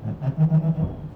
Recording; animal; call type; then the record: contact call of a hoofed animal; goat; low-frequency (closed-mouth) or high-frequency (open-mouth) call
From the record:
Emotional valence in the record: positive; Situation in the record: food anticipation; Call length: 1.15 s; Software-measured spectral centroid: 700 Hz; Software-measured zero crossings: 420 a second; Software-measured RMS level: -22 dBFS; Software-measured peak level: -12 dBFS